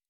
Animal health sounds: hydrophone in a shrimp aquaculture tank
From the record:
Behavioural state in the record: normal

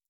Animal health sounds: hydrophone in a shrimp aquaculture tank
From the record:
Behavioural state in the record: stressed

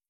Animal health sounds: hydrophone in a shrimp aquaculture tank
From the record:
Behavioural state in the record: feeding

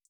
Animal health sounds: hydrophone in a shrimp aquaculture tank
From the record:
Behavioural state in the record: feeding

